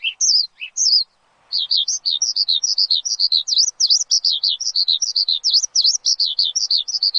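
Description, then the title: Javan bush lark song, a few high slurred notes, a short break, then a long rapid stream of high chirping phrases. Lure for a Javan bush lark in full, lively song. "PANCINGAN Suara BURUNG Branjangan Gacor"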